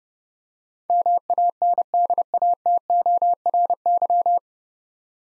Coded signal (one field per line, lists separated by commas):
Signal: Morse code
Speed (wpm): 30 wpm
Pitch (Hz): 700 Hz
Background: none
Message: MANDATORY